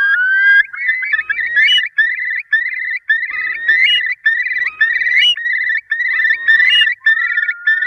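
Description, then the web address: Curlew bubbling call: a continuous run of rippling, trilled phrases laced with rising whistled notes. Filtered. "FILTERED CHIURLI"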